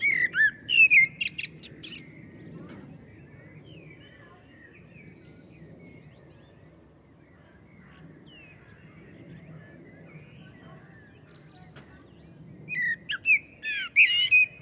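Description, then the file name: Common blackbird song: a twittering burst of high notes at the start, a long quiet gap with low background rumble, then another rapid twittering phrase near the end. "Turdus merula"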